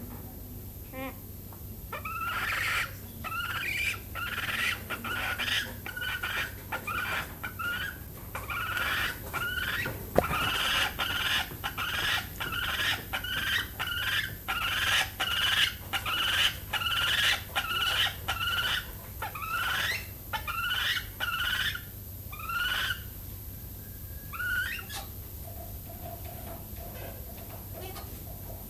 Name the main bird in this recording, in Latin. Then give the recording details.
Polyplectron bicalcaratum. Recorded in captivity. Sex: male. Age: adult. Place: Zoo Berlin, Berlin, DE. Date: 2005-08-10 14:30. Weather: bedeckt, 16°C. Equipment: Sony WM-D6C, Sennheiser ME 80, Kopie Uher 4000 Report Monitor. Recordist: Tembrock, Günter